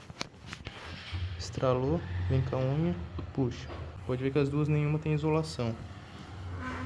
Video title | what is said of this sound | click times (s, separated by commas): Instalando seta embutida na Yamaha R3 | colocou um pano aqui no tanque Agora vamos pra próxima mesma coisa pressiona o meio Zinho estralou | 0.2 s